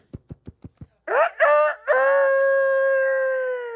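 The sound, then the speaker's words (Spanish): Five quick, evenly spaced taps, then a loud rooster crow: a few short rising notes breaking into one long, steady, held call that fades slightly at the end. “Canto el gallo.”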